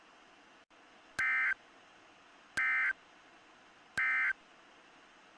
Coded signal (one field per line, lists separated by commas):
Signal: Emergency Alert System (SAME) tones